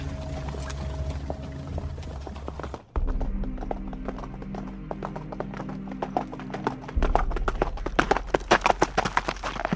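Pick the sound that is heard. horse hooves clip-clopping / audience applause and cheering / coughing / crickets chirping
horse hooves clip-clopping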